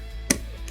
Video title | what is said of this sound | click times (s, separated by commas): Piscifun Viper X 1000 Disassembly and Reassembly | pull it in and snap it down. So everything is snapped into place. | 0.3 s